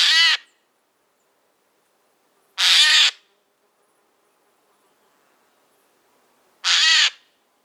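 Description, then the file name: Eurasian jay uttering three harsh, tearing screeches spaced roughly two and a half to four seconds apart, with silence between. "Garrulus glandarius"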